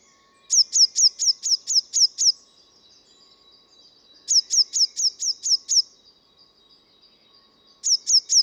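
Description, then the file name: Eurasian blue tit singing short trills of high sharp notes, about seven per burst, with pauses of about two seconds between bursts; quiet background. "Cyanistes caeruleus"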